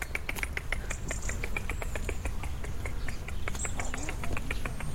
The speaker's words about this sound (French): C'est le rouge-gorge qui est pas loin. C'est un rouge-gorge.